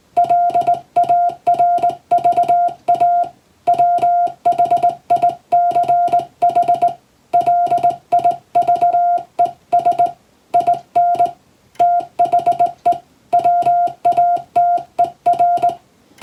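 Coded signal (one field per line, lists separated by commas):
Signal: Morse code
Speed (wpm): 21 wpm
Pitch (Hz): 700 Hz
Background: music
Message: LARVA WHICH LIVES IN THE WATER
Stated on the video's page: English-language Morse code practice taken from a European-language telegram practice book.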